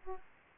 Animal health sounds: mosquito wingbeat signal from an infrared sensor; Aedes aegypti

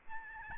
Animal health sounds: mosquito wingbeat signal from an infrared sensor; Aedes albopictus

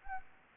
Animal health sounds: mosquito wingbeat signal from an infrared sensor; Anopheles gambiae

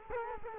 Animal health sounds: mosquito wingbeat signal from an infrared sensor; Culex quinquefasciatus

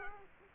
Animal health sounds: mosquito wingbeat signal from an infrared sensor; Aedes aegypti

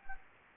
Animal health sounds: mosquito wingbeat signal from an infrared sensor; Anopheles gambiae

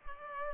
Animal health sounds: mosquito wingbeat signal from an infrared sensor; Culex pipiens

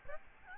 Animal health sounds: mosquito wingbeat signal from an infrared sensor; Aedes albopictus

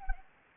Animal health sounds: mosquito wingbeat signal from an infrared sensor; Anopheles gambiae

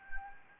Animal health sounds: mosquito wingbeat signal from an infrared sensor; Anopheles gambiae

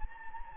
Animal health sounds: mosquito wingbeat signal from an infrared sensor; Anopheles gambiae

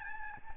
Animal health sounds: mosquito wingbeat signal from an infrared sensor; Aedes albopictus

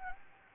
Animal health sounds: mosquito wingbeat signal from an infrared sensor; Anopheles gambiae

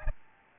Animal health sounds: mosquito wingbeat signal from an infrared sensor; Aedes albopictus

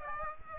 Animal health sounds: mosquito wingbeat signal from an infrared sensor; Aedes aegypti

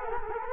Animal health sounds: mosquito wingbeat signal from an infrared sensor; Culex quinquefasciatus

